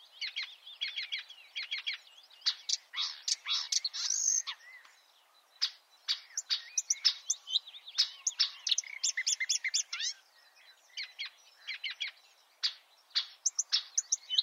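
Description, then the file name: Marsh warbler song: long, dense stream of sharp high clicks, chattering trills and whistled notes, varied phrase after phrase, with two short pauses. "suara kicauan burung marsh warbler. omkicau"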